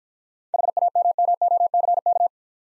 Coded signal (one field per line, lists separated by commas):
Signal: Morse code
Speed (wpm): 49 wpm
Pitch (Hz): 700 Hz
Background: none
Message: HAMMOCK